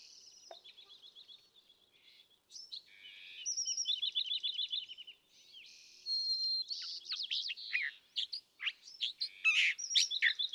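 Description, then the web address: Song of a California thrasher: soft opening notes, then repeated rapid trills and a string of varied chattering and whistled phrases. "birdsongforthecurious California Thrasher"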